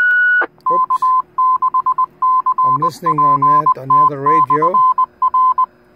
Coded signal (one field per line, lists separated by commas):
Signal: Morse code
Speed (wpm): 20 wpm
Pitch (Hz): 1020 Hz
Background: speech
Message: K6CPT/R